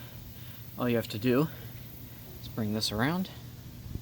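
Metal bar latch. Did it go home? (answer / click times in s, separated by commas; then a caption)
no / none. A man talks over a low steady hum while the quick-release latch lever of a sissy bar on an Indian Springfield or Chieftain motorcycle docking point is brought around by hand. The latch has not clicked into place yet, so the bar is not locked.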